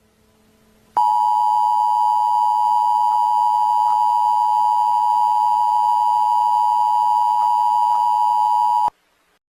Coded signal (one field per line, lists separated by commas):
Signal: Emergency Alert System (SAME) tones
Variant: 853 and 960 Hz attention tone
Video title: S1 E7: Emergency Alert System